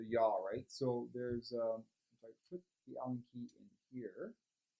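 Someone talks while putting an Allen key, used as a locking pin, into the yaw-lock hole of a helicopter lab unit's base, where it is meant to snap onto a small magnet to lock the yaw axis. Only speech is heard, with no distinct click or impact. Nothing has seated or clicked yet.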